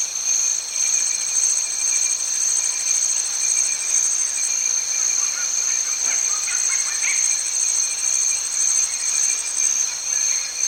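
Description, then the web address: Insect chorus of steady high-pitched buzzing and rapid pulsed trills, continuous throughout, with a few faint brief chirps in the middle. Tropical rain forest in Cameroon. "BBC Africa Cameroon. tropical rain forest atmosphere with turaco birds insects and tree frogs"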